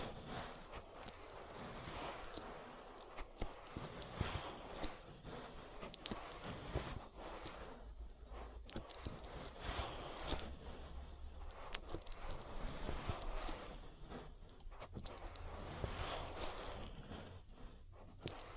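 An oil ear massage: dense, continuous wet crackling and squishing, with frequent sharp clicks and pops at a steady level throughout.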